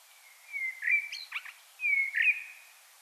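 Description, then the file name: Common blackbird singing two short fluted phrases, each opening with a sliding whistle, the first followed by squeaky high notes, with faint background hiss. "Turdus merula"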